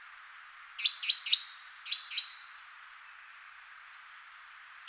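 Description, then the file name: Great tit giving high whistled notes alternating with pairs of sharp chips with short level tails, a lively burst lasting about two seconds, then quiet until another whistle begins. "Parus major"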